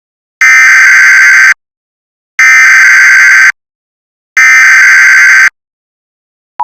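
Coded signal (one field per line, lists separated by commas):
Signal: Emergency Alert System (SAME) tones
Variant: header bursts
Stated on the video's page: First mock, simulated EAS alert.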